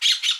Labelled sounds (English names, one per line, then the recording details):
Brown-throated Parakeet contact call
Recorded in Aruba
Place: Cunucu Arikok, S side of Ceru Arikok
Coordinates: 12.502, -69.950